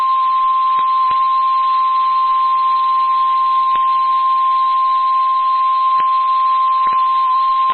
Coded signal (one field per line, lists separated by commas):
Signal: Emergency Alert System (SAME) tones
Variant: 1050 Hz attention tone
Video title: Area NOAA Weather Radio 32 minutes (EAS 95-97)